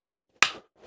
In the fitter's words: nice click to it